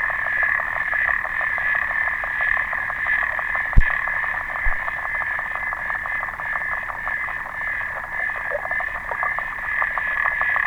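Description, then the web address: Clawed frog ticking call, dense rapid clicks in a continuous rattle, with two sharp knocks partway through. "sounds xenopus"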